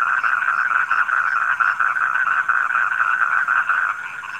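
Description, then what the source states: Dense frog chorus, a buzzy, continuous pulsing trill that fades slightly at the very end, over a soft high hiss. Frogs recorded at night.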